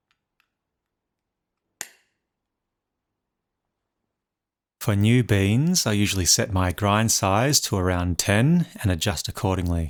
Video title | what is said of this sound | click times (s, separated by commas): Breville Barista Express: Complete Beginner’s Setup & First Shot | Push into the portafilter until you hear it click. | 1.8 s